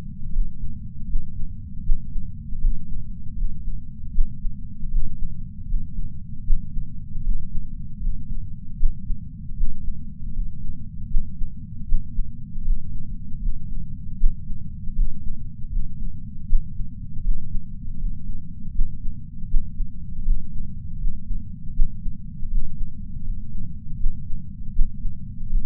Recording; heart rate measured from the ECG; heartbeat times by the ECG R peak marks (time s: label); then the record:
heart sounds by patch sensor on the chest; 79 bpm
0.31 s: heartbeat
1.07 s: heartbeat
1.83 s: heartbeat
2.59 s: heartbeat
3.35 s: heartbeat
4.12 s: heartbeat
4.89 s: heartbeat
5.66 s: heartbeat
6.44 s: heartbeat
7.22 s: heartbeat
7.99 s: heartbeat
8.77 s: heartbeat
9.55 s: heartbeat
10.31 s: heartbeat
11.08 s: heartbeat
11.86 s: heartbeat
12.63 s: heartbeat
13.39 s: heartbeat
14.17 s: heartbeat
14.94 s: heartbeat
15.69 s: heartbeat
16.46 s: heartbeat
17.22 s: heartbeat
17.96 s: heartbeat
18.72 s: heartbeat
19.48 s: heartbeat
20.23 s: heartbeat
20.98 s: heartbeat
21.73 s: heartbeat
22.49 s: heartbeat
23.22 s: heartbeat
23.97 s: heartbeat
24.73 s: heartbeat
25.48 s: heartbeat
From the record:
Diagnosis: coronary artery disease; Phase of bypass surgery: postoperative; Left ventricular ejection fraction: 54.4%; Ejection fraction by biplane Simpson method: 44%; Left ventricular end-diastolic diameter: 43 mm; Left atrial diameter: 34 mm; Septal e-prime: 5 cm/s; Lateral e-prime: 5.3 cm/s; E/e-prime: 15.7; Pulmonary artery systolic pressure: 21 mmHg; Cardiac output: 4.9 L/min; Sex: female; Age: 70 years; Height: 152 cm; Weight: 65 kg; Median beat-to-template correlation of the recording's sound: 0.82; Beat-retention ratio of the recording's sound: 0.98